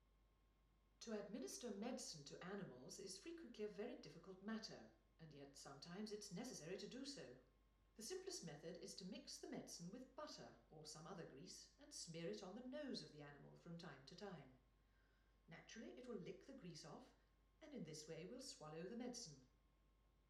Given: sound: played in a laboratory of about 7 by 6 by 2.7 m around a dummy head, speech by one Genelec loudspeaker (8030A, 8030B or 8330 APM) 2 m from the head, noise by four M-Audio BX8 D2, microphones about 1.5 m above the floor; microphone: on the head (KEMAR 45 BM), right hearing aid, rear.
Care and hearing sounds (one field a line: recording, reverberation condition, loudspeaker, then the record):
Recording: female speech in English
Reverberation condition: medium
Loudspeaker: 120 degrees to the right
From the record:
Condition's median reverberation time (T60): about 510 ms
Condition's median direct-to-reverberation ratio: about -0.5 dB